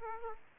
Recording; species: mosquito wingbeat signal from an infrared sensor; Aedes aegypti